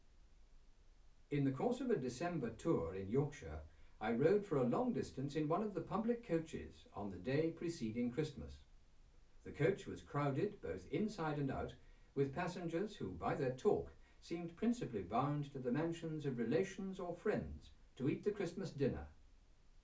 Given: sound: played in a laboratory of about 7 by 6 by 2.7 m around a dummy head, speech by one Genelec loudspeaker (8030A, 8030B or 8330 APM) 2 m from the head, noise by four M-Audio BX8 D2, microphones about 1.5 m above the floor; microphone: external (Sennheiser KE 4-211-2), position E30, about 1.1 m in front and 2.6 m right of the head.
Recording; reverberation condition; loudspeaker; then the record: male speech in English; low; 120 degrees to the left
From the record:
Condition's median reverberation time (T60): about 310 ms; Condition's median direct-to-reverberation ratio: about 3.5 dB